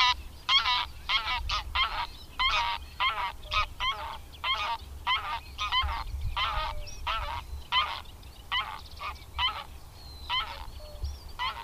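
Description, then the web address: Greylag goose: a run of short harsh honks, with fainter thin calls near the end. "Madardalok Cd 3. Nyári lúd"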